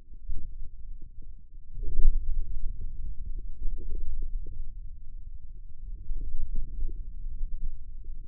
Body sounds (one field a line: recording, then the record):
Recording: forearm muscle sounds (acoustic myography)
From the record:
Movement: wrist flexion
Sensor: system 2, bracelet of six BSWA MPA416 microphones around the upper forearm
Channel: 6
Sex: male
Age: 22 years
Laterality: right